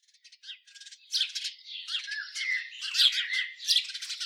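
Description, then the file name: House sparrow calls, starting with faint soft chirps, then building into busy, harsh chattering with buzzy rattles and squawks. "Passer domesticus"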